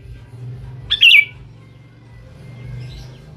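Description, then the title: Sooty-headed bulbul giving a single brief, bright, bubbling phrase about a second in, then quiet with a faint low hum beneath. "Kutilang"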